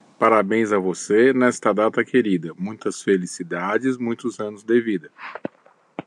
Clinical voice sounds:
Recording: short text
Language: Brazilian Portuguese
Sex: male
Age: 50 to 59 years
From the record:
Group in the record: control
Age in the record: 53 years

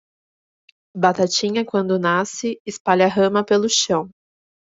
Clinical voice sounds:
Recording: short text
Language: Brazilian Portuguese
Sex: female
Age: 20 to 29 years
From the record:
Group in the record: control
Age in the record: 26 years

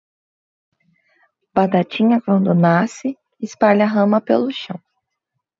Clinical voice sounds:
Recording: short text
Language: Brazilian Portuguese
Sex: female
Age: 20 to 29 years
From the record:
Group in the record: control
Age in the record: 29 years

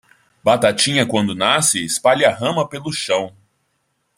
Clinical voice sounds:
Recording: short text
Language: Brazilian Portuguese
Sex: female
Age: 30 to 39 years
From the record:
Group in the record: control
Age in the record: 34 years

